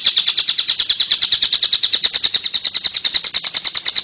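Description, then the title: Oriental magpie-robin singing a rapid, even string of bright high-pitched notes, continuing without pause throughout. "Kicau Kacer"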